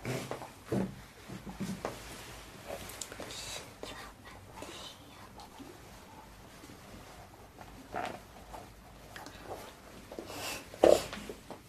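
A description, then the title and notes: Mouth sounds: wet clicks, smacks and breathy puffs come in irregular bursts throughout. The sharpest, loudest pops land near 0.7 seconds and around 11 seconds, with a quieter, busier stretch of small clicks between 8 and 10 seconds over a faint low hum. Mouth Sounds.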